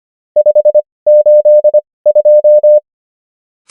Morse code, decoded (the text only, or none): 582